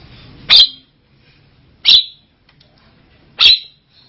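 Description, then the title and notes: Javan myna uttering three loud, abrupt, squeaky notes, each about one and a half seconds after the last, with quiet between them. "Jalak Kebo. Kicau Burung Jalak"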